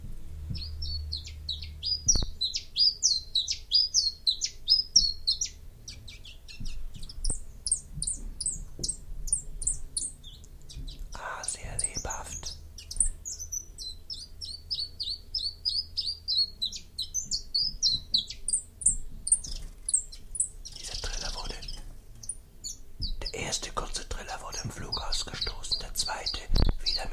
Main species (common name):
Common Chiffchaff